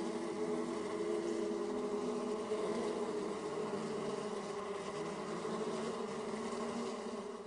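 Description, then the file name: Bees buzzing in a steady, droning hum with layered low tones that swell and ease slightly, continuous throughout with no other clear sounds. "zhuzhzhanie pchel"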